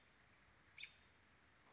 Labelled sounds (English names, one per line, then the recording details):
American Robin
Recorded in Sonoma County, California